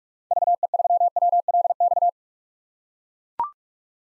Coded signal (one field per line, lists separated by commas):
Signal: Morse code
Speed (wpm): 43 wpm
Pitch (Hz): 700 Hz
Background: none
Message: VE3WLX